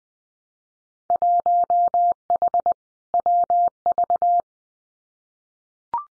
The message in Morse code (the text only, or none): 1H WV